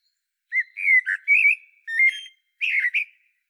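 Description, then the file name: Common blackbird song, three short runs of mellow fluted notes mixed with faint high squeaky twitters. "Turdus merula"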